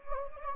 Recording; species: mosquito wingbeat signal from an infrared sensor; Anopheles gambiae